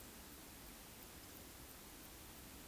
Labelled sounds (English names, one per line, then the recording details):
Eurasian Woodcock whistle
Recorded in Baden-Württemberg, Germany, on 13 June 2021 at 20:02 UTC
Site 23718, 552 m above sea level